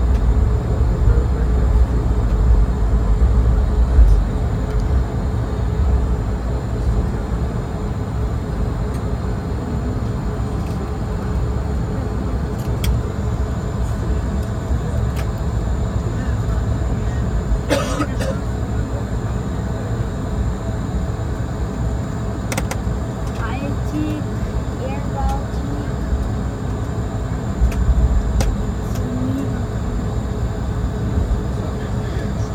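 Airliner engines roar in a steady low rumble throughout, with faint voices and occasional brief clicks and clatters around 18 and 23 seconds.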